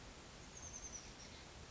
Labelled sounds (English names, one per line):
Oak Titmouse